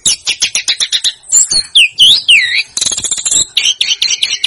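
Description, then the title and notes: Snowy-browed flycatcher song: rapid high chips, three looping down-and-up whistles, then dense twittering ending in repeated short squeaky phrases. Masteran song for training songbirds; Indonesian names tledekan gunung and sikatan gunung. "Masteran Tledekan Gunung Sikatan Gunung 1. BURUNG TLEDEKAN"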